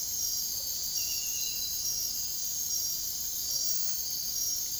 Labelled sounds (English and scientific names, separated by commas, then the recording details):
none
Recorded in dense forest near Puerto Asís, Putumayo, Colombia, on 22 June 2025 at 00:00
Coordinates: 0.503, -76.323
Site G059